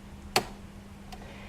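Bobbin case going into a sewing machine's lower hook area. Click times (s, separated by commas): 0.4 s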